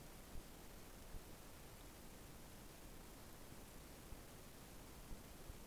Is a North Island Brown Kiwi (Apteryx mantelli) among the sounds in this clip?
no